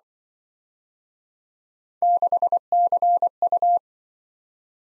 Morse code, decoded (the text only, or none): 6CU